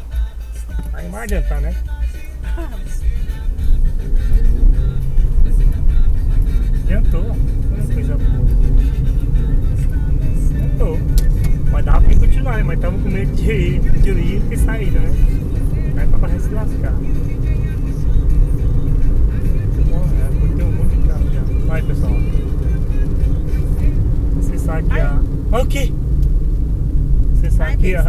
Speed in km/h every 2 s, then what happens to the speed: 5, 17, 29, 35, 48, 56, 63, 68, 74, 77, 79, 77, 61, 50.
0-16 speeds up to 74. 16-22 steady at about 77. 22-28 brakes to 50.